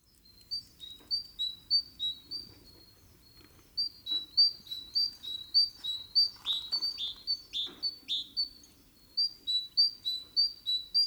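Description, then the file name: Great tit calling in a long series of high chirps with a brief pause early on, some louder sharp notes in the middle. "Parus major"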